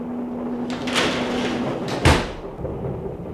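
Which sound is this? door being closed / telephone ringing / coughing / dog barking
door being closed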